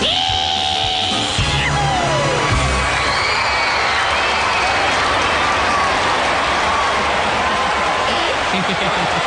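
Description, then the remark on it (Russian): A crowd breaks into loud, sustained applause for the actors, a dense steady clatter of many hands clapping that continues throughout, with scattered cheers and whoops; a voice sings or calls out briefly at the start. “Спасибо за вашу щедрость, за ваши аплодисменты.”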